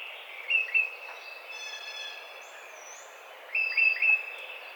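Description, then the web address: Tufted titmouse whistling short down-slurred notes, a pair first and a trio about three seconds later, with faint high sounds between. Recorded on 30 April 2009. "Tufted Titmouse 2009 04 30"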